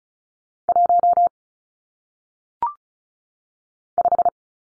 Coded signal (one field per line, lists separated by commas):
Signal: Morse code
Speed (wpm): 36 wpm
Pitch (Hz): 700 Hz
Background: none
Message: 1 5